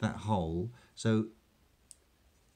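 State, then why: Seated. Someone talks as the blade of a James Brand Redstone lightweight folding climbing knife is flicked open one-handed with the thumb through the thumb hole. The lock engages with a single sharp click at 1.9 s, locking the blade into its open position in the handle.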